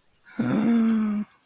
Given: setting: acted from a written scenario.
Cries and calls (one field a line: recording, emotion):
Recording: vocal sound without words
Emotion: elation